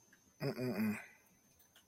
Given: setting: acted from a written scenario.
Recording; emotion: vocal sound without words; contempt